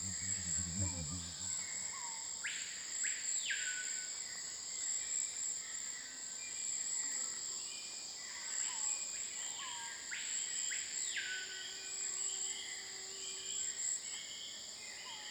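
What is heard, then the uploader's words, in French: Forest undergrowth ambience with a steady, bright insect drone throughout. A frog's call of quick rising notes sounds around three seconds and again near ten seconds. Faint short chirps scatter in the background, with a brief low rumble at the very start. Chemin des Grands arbres - Saül - Guyane - Nagra LB - stéréo -mkh40 - cardio. Aujourd'hui dans cette ambiance typique de sous-bois forestier apparait le chant d'un Allobate fémoral ( Allobates femoralis ), Petite grenouille terrestre très commune qui chante de jour pour défendre son territoire.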